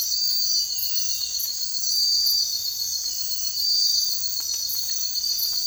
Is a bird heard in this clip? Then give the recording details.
no. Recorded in secondary vegetation near Puerto Asís, Putumayo, Colombia, on 9 March 2025 at 04:30. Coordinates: 0.499, -76.323. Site G094